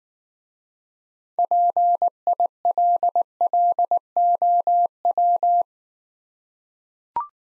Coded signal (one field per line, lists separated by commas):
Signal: Morse code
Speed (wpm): 19 wpm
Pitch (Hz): 700 Hz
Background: none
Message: PILLOW